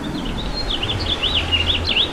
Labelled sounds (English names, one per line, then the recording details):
House Finch song
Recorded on Long Island, New York, on 24 June 2012
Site SO
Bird A